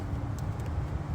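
A plastic coolant pipe is being handled and pushed onto the bottom outlet of a Ford 2.7L engine water pump, where its quick-connect will snap in. A steady low rumble runs throughout, with a brief faint tick at 0.4 s. The quick-connect has not seated or clicked yet.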